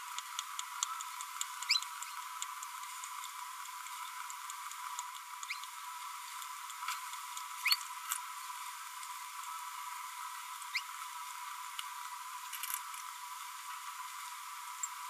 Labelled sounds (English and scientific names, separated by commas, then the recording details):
Green-rumped Parrotlet (Forpus passerinus) babbling
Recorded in a nest box in Venezuela
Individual 18B25A3